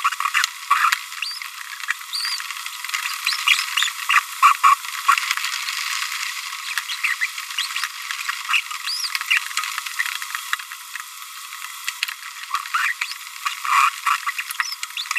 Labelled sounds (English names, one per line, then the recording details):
Green-rumped Parrotlet babbling
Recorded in a nest box in Venezuela
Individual 18B25A5